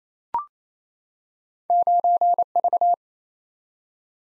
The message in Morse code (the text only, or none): 9V